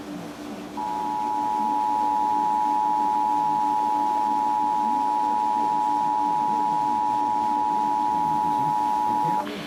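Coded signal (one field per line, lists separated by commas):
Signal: Emergency Alert System (SAME) tones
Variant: 853 and 960 Hz attention tone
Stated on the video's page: Severe thunderstorm warning received on AM and FM broadcast radio.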